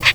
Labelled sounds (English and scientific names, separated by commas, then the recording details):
Zebra Finch (Taeniopygia guttata) kackle call
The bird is a male
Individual mal8